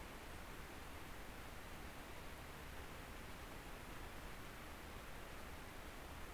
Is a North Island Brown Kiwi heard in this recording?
no